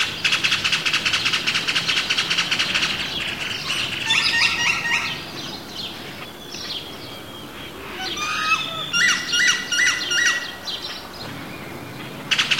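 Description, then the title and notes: Great-tailed grackle giving repeated stepped, ladder-like notes in two bouts, preceded by a loud hissing din. Recorded in the morning just as the sun rises and activity begins, San Cristóbal de Las Casas, Chiapas, May 2021. "Zanates grabados por la mañana en San Cristóbal de Las Casas, Chiapas"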